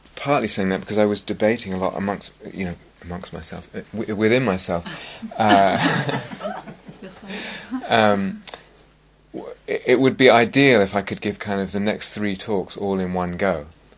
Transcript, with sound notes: partly saying that because I was debating a lot, you know, amongst myself -- within myself. [laughter] It would be ideal if I could give kind of the next three talks all in one go.